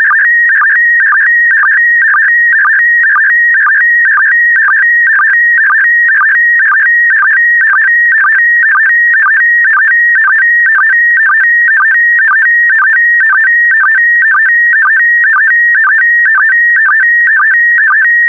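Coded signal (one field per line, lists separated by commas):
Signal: SSTV (slow-scan television)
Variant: PD120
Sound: steady warbling tone with rhythmic low chirps about twice a second, throughout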